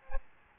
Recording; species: mosquito wingbeat signal from an infrared sensor; Aedes albopictus